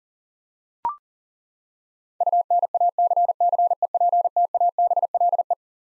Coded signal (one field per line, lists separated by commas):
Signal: Morse code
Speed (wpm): 40 wpm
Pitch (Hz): 700 Hz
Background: none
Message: UNACCEPTABLE